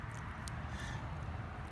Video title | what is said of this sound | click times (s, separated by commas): Lenovo Yoga Book Review | it clicks right in. | 0.5 s